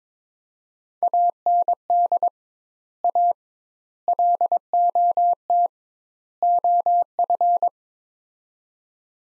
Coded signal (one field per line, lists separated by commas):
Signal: Morse code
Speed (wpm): 22 wpm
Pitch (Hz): 700 Hz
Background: none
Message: AND A LOT OF